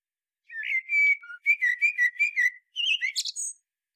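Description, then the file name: Common blackbird song: a smooth fluting whistle, then a string of quick rolling notes, ending in a burst of high, squeaky twittering. "Turdus merula"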